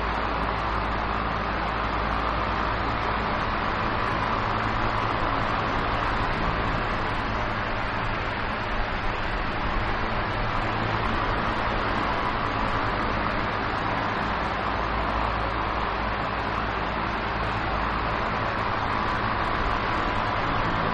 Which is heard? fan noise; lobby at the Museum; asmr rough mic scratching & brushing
fan noise